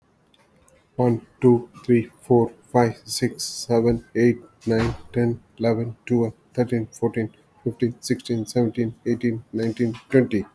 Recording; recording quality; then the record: counting at a fast pace; excellent, no background noise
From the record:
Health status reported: healthy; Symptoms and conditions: diabetes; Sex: male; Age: 50 years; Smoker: yes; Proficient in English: yes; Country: India